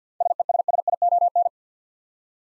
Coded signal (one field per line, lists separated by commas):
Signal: Morse code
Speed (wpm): 50 wpm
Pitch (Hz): 700 Hz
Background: none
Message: SESSION